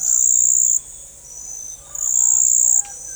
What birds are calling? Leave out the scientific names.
none